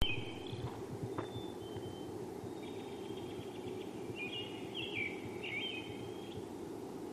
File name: Robin